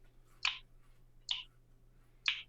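After the trigger area of a magfed paintball marker is reassembled, the mechanism is worked to check that the ball detent engages, since otherwise the marker can fail to fire. Three short, sharp clicks ring out at 0.5, 1.3 and 2.3 seconds over a faint steady low hum. The ball detent clicks and is confirmed seated and doing its job.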